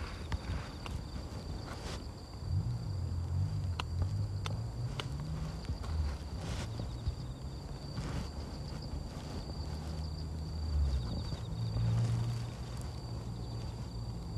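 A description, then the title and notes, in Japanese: Weeding a carrot patch at dusk, with plants pulled by hand and larger stems snipped with scissors. Soft rustles and sharp clicks come scattered throughout, over a steady high insect whine and a low engine hum that rises and falls. ガサガサ音あり 人参除草／夕暮れ。片手にハサミを持ちながら、草を抜きつつ、大きいものはチョンチョン切っていきます。蚊が集まってきて、服の上からでも強烈に刺してきます。秋虫も大合唱。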